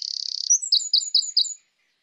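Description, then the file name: Eurasian wren song fragment: a dry buzzing trill followed by five quick, evenly spaced high notes, ending after about a second and a half. "Troglodytes troglodytes"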